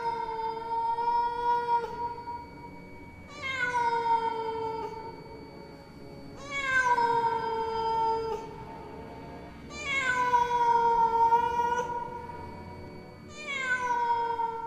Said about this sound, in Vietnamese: Nó kêu lên những tiếng vô cùng thảm thiết, tiếng mèo kêu nghe ghê rợn hết cả người, truyền khắp trong tai của tất cả mọi người.